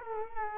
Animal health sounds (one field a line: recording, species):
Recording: mosquito wingbeat signal from an infrared sensor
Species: Culex quinquefasciatus